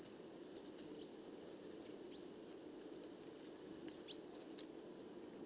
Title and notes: 29 septembre 2019-Les Casses - Drôme - Parabole Wiltronic - mono. belle ronde de Mésange noire (plus de 50 individus)